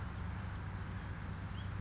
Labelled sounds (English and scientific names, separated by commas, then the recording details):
Anna's Hummingbird (Calypte anna)
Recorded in Sonoma County, California